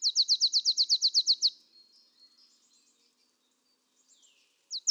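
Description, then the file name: Marsh tit song, a fast series of about twelve identical descending whistled notes, then quiet faint twitters and two more notes at the end. "Poecile palustris"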